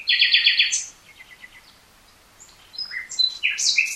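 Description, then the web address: Common nightingale song beginning with a rapid repeated-note trill, softer trailing notes, then sharp bright chirps. "SETE data Luscinia megarhynchos"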